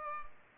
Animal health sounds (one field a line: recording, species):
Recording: mosquito wingbeat signal from an infrared sensor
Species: Culex pipiens